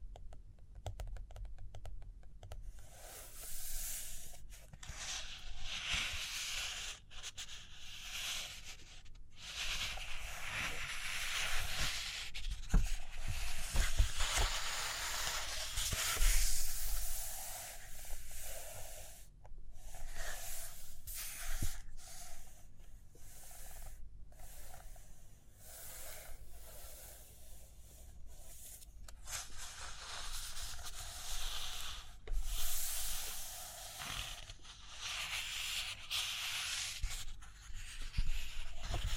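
Pen or pencil scratching across paper in writing and drawing, with brisk, hissy strokes coming in irregular bursts and short pauses throughout. A few soft low taps stand out around the middle, and the scratching grows denser again toward the end.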